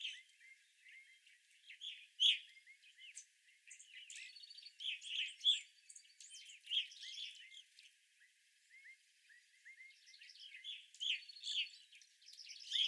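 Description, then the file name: Evening grosbeaks calling, bright chirps in short bunches with busy twittering between them. Several evening grosbeaks, recorded on 25 April 2021. "2021-04-25 Evening Grosbeaks"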